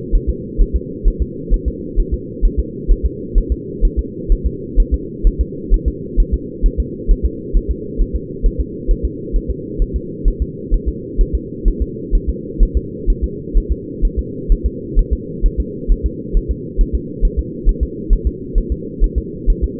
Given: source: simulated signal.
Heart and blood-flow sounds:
fetal heart sounds
0.15 s: S1
0.29 s: S2
0.62 s: S1
0.76 s: S2
1.08 s: S1
1.22 s: S2
1.54 s: S1
1.68 s: S2
2.00 s: S1
2.14 s: S2
2.45 s: S1
2.59 s: S2
2.91 s: S1
3.06 s: S2
3.38 s: S1
3.52 s: S2
3.85 s: S1
3.99 s: S2
4.32 s: S1
4.46 s: S2
4.80 s: S1
4.94 s: S2
5.27 s: S1
5.41 s: S2
5.74 s: S1
5.88 s: S2
6.20 s: S1
6.34 s: S2
6.66 s: S1
6.80 s: S2
7.11 s: S1
7.25 s: S2
7.56 s: S1
7.71 s: S2
8.01 s: S1
8.16 s: S2
8.46 s: S1
8.60 s: S2
8.91 s: S1
9.05 s: S2
9.36 s: S1
9.50 s: S2
9.82 s: S1
9.96 s: S2
10.28 s: S1
10.42 s: S2
10.74 s: S1
10.88 s: S2
11.21 s: S1
11.35 s: S2
11.68 s: S1
11.82 s: S2
12.15 s: S1
12.29 s: S2
12.63 s: S1
12.77 s: S2
13.10 s: S1
13.24 s: S2
13.57 s: S1
13.72 s: S2
14.05 s: S1
14.19 s: S2
14.52 s: S1
14.66 s: S2
14.99 s: S1
15.13 s: S2
15.46 s: S1
15.60 s: S2
15.92 s: S1
16.06 s: S2
16.37 s: S1
16.51 s: S2
16.81 s: S1
16.95 s: S2
17.25 s: S1
17.39 s: S2
17.69 s: S1
17.83 s: S2
18.13 s: S1
18.27 s: S2
18.58 s: S1
18.72 s: S2
19.04 s: S1
19.18 s: S2
19.50 s: S1
19.64 s: S2
From the record:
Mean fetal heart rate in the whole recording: 130 bpm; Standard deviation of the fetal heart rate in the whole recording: 4 bpm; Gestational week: 38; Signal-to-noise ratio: -4.1 dB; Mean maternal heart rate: no maternal heart sound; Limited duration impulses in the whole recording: absent

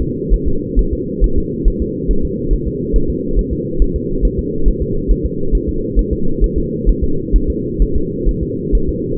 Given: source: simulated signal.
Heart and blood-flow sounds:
fetal heart sounds
0.02 s: S2
0.33 s: S1
0.48 s: S2
0.79 s: S1
0.93 s: S2
1.24 s: S1
1.38 s: S2
1.68 s: S1
1.82 s: S2
2.11 s: S1
2.25 s: S2
2.53 s: S1
2.67 s: S2
2.96 s: S1
3.10 s: S2
3.39 s: S1
3.53 s: S2
3.82 s: S1
3.96 s: S2
4.25 s: S1
4.39 s: S2
4.68 s: S1
4.82 s: S2
5.11 s: S1
5.26 s: S2
5.55 s: S1
5.69 s: S2
5.99 s: S1
6.13 s: S2
6.44 s: S1
6.58 s: S2
6.89 s: S1
7.03 s: S2
7.36 s: S1
7.50 s: S2
7.82 s: S1
7.96 s: S2
8.29 s: S1
8.43 s: S2
8.75 s: S1
8.89 s: S2
From the record:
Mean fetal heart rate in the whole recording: 135 bpm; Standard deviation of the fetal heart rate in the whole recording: 3 bpm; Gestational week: 36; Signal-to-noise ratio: -8.1 dB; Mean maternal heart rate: 72 bpm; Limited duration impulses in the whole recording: present

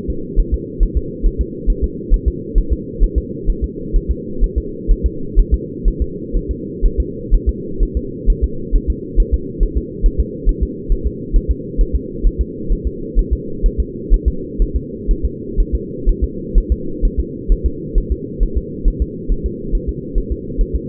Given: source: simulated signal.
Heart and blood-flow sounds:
fetal heart sounds
0.10 s: S2
0.39 s: S1
0.54 s: S2
0.83 s: S1
0.97 s: S2
1.26 s: S1
1.41 s: S2
1.70 s: S1
1.84 s: S2
2.14 s: S1
2.28 s: S2
2.58 s: S1
2.73 s: S2
3.03 s: S1
3.18 s: S2
3.50 s: S1
3.64 s: S2
3.96 s: S1
4.11 s: S2
4.44 s: S1
4.58 s: S2
4.91 s: S1
5.06 s: S2
5.39 s: S1
5.54 s: S2
5.88 s: S1
6.02 s: S2
6.37 s: S1
6.51 s: S2
6.85 s: S1
7.00 s: S2
7.34 s: S1
7.49 s: S2
7.83 s: S1
7.97 s: S2
8.30 s: S1
8.44 s: S2
8.76 s: S1
8.90 s: S2
9.20 s: S1
9.34 s: S2
9.63 s: S1
9.77 s: S2
10.06 s: S1
10.20 s: S2
10.49 s: S1
10.63 s: S2
10.92 s: S1
11.07 s: S2
11.36 s: S1
11.51 s: S2
11.81 s: S1
11.95 s: S2
12.26 s: S1
12.41 s: S2
12.72 s: S1
12.87 s: S2
13.19 s: S1
13.33 s: S2
13.66 s: S1
13.80 s: S2
14.14 s: S1
14.28 s: S2
14.62 s: S1
14.76 s: S2
15.11 s: S1
15.25 s: S2
15.60 s: S1
15.75 s: S2
16.09 s: S1
16.24 s: S2
16.58 s: S1
16.72 s: S2
17.05 s: S1
17.19 s: S2
17.52 s: S1
17.66 s: S2
17.98 s: S1
18.12 s: S2
18.43 s: S1
18.57 s: S2
18.88 s: S1
19.02 s: S2
19.32 s: S1
19.46 s: S2
19.75 s: S1
19.89 s: S2
20.18 s: S1
20.32 s: S2
20.61 s: S1
20.75 s: S2
From the record:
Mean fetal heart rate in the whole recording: 130 bpm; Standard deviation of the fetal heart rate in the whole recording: 4 bpm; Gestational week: 38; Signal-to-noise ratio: -4.3 dB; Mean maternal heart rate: 72 bpm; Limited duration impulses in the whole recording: absent

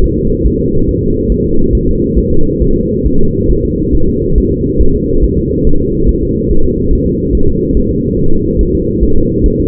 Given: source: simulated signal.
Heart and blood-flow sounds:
fetal heart sounds
0.04 s: S1
0.18 s: S2
0.46 s: S1
0.60 s: S2
0.89 s: S1
1.03 s: S2
1.32 s: S1
1.46 s: S2
1.75 s: S1
1.89 s: S2
2.18 s: S1
2.32 s: S2
2.62 s: S1
2.76 s: S2
3.06 s: S1
3.20 s: S2
3.51 s: S1
3.65 s: S2
3.95 s: S1
4.09 s: S2
4.38 s: S1
4.52 s: S2
4.81 s: S1
4.95 s: S2
5.24 s: S1
5.38 s: S2
5.67 s: S1
5.81 s: S2
6.09 s: S1
6.23 s: S2
6.51 s: S1
6.65 s: S2
6.93 s: S1
7.07 s: S2
7.35 s: S1
7.49 s: S2
7.77 s: S1
7.91 s: S2
8.19 s: S1
8.33 s: S2
8.61 s: S1
8.75 s: S2
9.03 s: S1
9.17 s: S2
9.46 s: S1
9.60 s: S2
From the record:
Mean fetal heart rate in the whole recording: 140 bpm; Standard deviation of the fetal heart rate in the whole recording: 2 bpm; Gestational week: 34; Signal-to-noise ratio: -19.1 dB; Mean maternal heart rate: 72 bpm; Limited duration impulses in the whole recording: present

